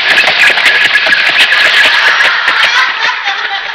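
A car engine roars loudly and steadily as the car passes the main refuelling post, a dense, harsh mechanical rush that holds for several seconds before easing slightly at the end.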